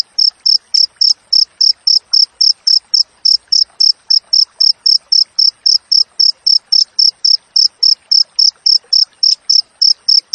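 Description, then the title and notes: Cricket chirping in a fast, steady series of short high pulses, nearly four per second, with a faint crackle beneath. Wild crickets with clear, closely spaced chirps, for training songbirds and for repelling rats. "Masteran Jangkrik Alam Jernih, Jeda Rapat Cocok Untuk Masteran Burung Dan Mengusir Tikus. suara jangkrik"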